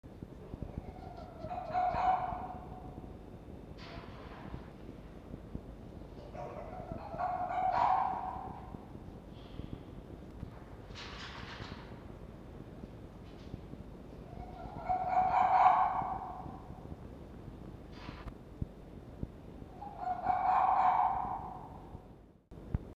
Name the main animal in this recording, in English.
Red Fox